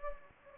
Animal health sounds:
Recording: mosquito wingbeat signal from an infrared sensor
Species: Anopheles gambiae

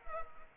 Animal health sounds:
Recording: mosquito wingbeat signal from an infrared sensor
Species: Culex pipiens

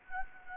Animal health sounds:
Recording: mosquito wingbeat signal from an infrared sensor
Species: Anopheles gambiae

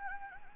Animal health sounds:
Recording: mosquito wingbeat signal from an infrared sensor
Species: Anopheles gambiae

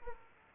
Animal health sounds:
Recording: mosquito wingbeat signal from an infrared sensor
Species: Aedes aegypti

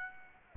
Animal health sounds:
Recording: mosquito wingbeat signal from an infrared sensor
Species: Aedes aegypti

